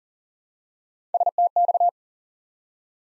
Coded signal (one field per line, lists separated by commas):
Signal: Morse code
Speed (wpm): 39 wpm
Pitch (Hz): 700 Hz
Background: none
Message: STX